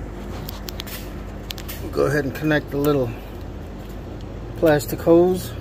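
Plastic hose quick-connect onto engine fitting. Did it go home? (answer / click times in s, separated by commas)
no / none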